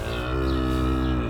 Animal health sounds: contact call of a hoofed animal; cattle; low-frequency (closed-mouth) or high-frequency (open-mouth) call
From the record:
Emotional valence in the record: negative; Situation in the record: full separation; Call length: 1.30 s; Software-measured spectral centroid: 2100 Hz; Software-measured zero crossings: 1040 a second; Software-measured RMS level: -24 dBFS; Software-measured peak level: -13 dBFS

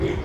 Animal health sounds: contact call of a hoofed animal; pig; closed-mouth grunt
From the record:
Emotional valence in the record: positive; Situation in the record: food and toys in familiar pen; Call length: 0.26 s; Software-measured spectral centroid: 1430 Hz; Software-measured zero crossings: 930 a second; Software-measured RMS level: -24 dBFS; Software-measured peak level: -13 dBFS

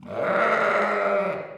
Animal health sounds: contact call of a hoofed animal; sheep; low-frequency (closed-mouth) or high-frequency (open-mouth) call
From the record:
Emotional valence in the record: negative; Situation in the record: short social isolation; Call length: 1.58 s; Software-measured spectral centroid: 1500 Hz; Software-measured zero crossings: 1810 a second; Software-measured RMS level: -24 dBFS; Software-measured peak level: -10 dBFS

